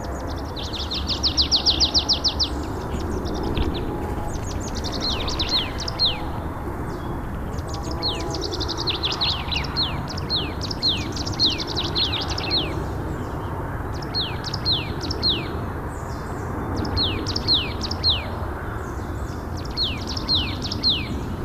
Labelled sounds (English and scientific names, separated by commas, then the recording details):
Marsh Tit (Poecile palustris) song
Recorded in the wild
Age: adult
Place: Schönow, Naturpark Barnim, Brandenburg, DE
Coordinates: 52.6808, 13.5025
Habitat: decidous forest
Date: 2014-03-02
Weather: sunny, 2-3°C, almost no wind
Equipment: Sound Devices 702, Sennheiser MKH 70, Rycote Windschutz
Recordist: Frommolt, Karl-Heinz